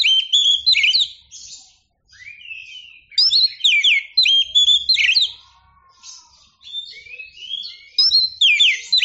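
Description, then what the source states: Oriental magpie-robin delivering loud varied whistled phrases in bursts, broken by softer, lower warbling passages between them. Champion songbird; chirping song.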